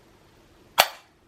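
A loaded plastic Freestyle Libre applicator is pressed onto the upper arm, and its spring fires the glucose sensor onto the skin with a single loud, sharp click at 0.8 s that fades quickly. The sensor is seated in place.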